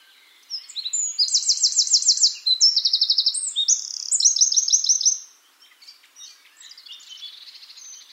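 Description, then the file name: Eurasian wren song: a loud, fast, high outpouring of rapid trills and sharp notes lasting about five seconds, with softer scattered chips afterward. "Troglodytes troglodytes"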